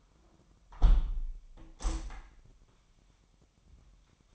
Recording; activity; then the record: daily activity, microphone in the room; close window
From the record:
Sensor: 1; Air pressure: 998.0 hPa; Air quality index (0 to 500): 126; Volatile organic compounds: 3 ppm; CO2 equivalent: 1502 ppm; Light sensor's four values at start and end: 17/56/22/23 and 17/56/23/23